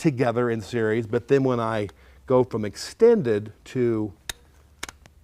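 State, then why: Seated. Someone talks as the orange high-voltage service plug (grip plug) on a Toyota hybrid battery pack is moved from the extended position to locked, with the lever pushed down into its socket. Sharp clicks at 4.3 s and 4.8 s mark the lever snapping into place with a little compression of the plug. The plug is seated, engaging its shorting bar and the interlock circuit.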